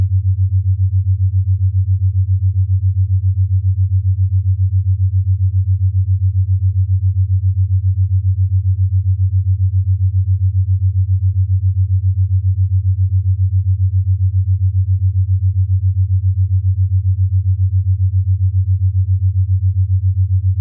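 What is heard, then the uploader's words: Binaural beats: a steady, loud low hum, constant for the whole clip, with a slight regular throbbing pulse and nothing else. Binaural Beats.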